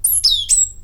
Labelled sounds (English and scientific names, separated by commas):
Stitchbird (Notiomystis cincta) song